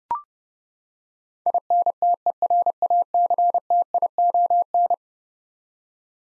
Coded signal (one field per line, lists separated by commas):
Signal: Morse code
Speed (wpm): 30 wpm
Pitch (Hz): 700 Hz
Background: none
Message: INTERACTION